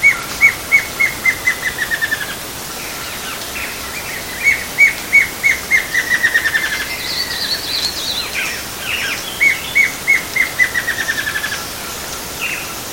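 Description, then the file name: Spot-breasted antvireo giving three series of clear repeated notes that speed up and drop slightly in pitch, each lasting about two seconds, with other birds chirping behind. Recorded in Itatiaia National Park, Brazil. "Dysithamnus stictothorax PNItatiaia BR. ASilveira"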